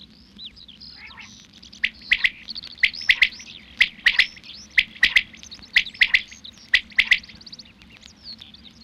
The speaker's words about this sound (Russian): на вечерней зорьке поет колыбельную перепел.